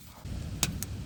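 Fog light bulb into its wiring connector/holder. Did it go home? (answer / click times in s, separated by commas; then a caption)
yes / 0.6 s, 0.8 s. A Nissan Rogue fog light bulb, pulled out of its retaining tab and connector, is pushed back into its wiring connector and holder against a low, steady rumble. A sharp snap comes at 0.6 s, then a lighter click at 0.8 s, as the bulb snaps into place and seats.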